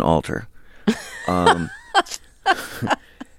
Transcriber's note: soundbite of laughter